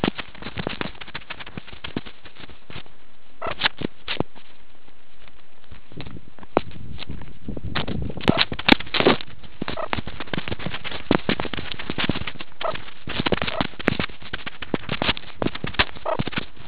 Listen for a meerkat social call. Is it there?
no